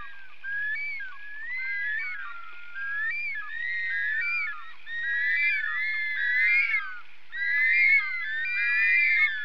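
Bird calls, a dense chatter of sliding whistled notes rising and falling, several birds overlapping in continuous waves.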